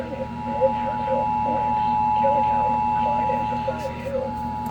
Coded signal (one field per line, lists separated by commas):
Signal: Emergency Alert System (SAME) tones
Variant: 853 and 960 Hz attention tone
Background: speech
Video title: severe weather EAS compilation EAS alerts from #4045 - #4081